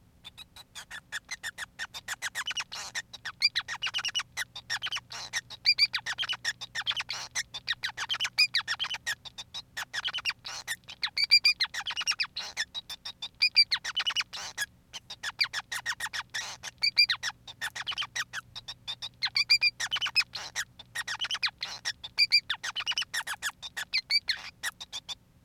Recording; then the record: song of a male Bengalese finch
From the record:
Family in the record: son of father 5